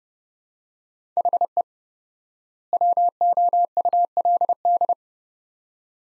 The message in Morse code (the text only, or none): HE WOULD